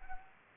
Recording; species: mosquito wingbeat signal from an infrared sensor; Anopheles arabiensis